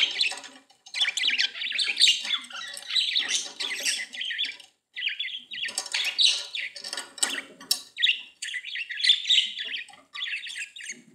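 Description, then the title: Budgerigar warble, long dense runs of buzzy, scratchy chirping with brief gaps, steady and lively throughout. "Budgie Sounds"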